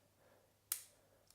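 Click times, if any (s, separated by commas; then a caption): 0.7 s. The first handle of a Leatherman Free P4 folding multitool is swung closed and snaps into place against the other handle with a sharp single click at 0.7 s, followed by a much fainter tick at 1.3 s. The handle seats in its closed position.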